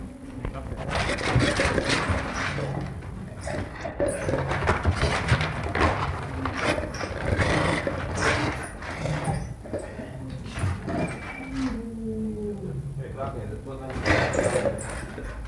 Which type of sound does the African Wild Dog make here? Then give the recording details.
call. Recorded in captivity. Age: adult. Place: Tierpark Berlin, Berlin, DE. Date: 1961-11-25 14:00. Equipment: Minifon, Kopie Smaragd. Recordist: Tembrock, Günter. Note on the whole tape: Hyänenhunde, durch Wärter provoziert, dabei Vornniedergehen, Zurück- und Vorspringen. Abstand: 3 m